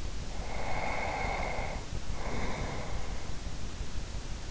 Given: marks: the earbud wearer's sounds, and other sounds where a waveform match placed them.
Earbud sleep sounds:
sounds in sleep by an in-ear microphone; breath
0.25-3.48 s: breath

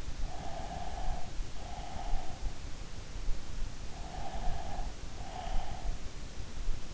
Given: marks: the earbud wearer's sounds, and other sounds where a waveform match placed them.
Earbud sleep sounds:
sounds in sleep by an in-ear microphone; breath
0.19-2.59 s: breath
4.01-6.08 s: breath

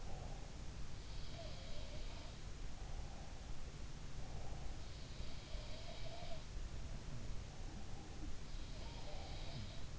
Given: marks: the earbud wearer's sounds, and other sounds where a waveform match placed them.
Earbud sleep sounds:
sounds in sleep by an in-ear microphone; breath
0.00-2.20 s: breath
1.11-2.50 s: sound from someone else or the room
5.42-6.53 s: sound from someone else or the room
8.76-9.90 s: sound from someone else or the room

